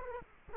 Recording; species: mosquito wingbeat signal from an infrared sensor; Culex quinquefasciatus